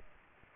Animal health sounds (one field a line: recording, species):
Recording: mosquito wingbeat signal from an infrared sensor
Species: Aedes aegypti